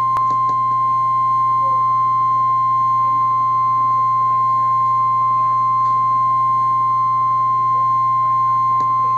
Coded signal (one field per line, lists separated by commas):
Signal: Emergency Alert System (SAME) tones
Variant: 1050 Hz attention tone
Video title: Real NOAA Weather Radio EAS Alert #139